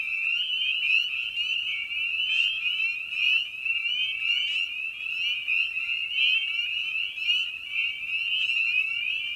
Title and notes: Episode 5: Night of the Peepers. we return to the frog pond for a meditative evening. Species in Focus: Spring Peeper (Pseudacris crucifer). Ian Carlsen